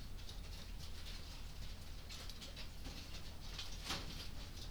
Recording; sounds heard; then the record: poultry house recording; no chicken sound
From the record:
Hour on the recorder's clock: 22